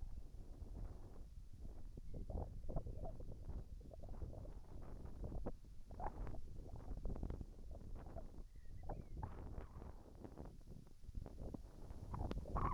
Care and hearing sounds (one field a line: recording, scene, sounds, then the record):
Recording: everyday scene through a hearing-aid microphone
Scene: wind on the microphone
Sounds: wind, whistling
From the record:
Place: in front of a rural house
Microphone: behind the ear, right, rear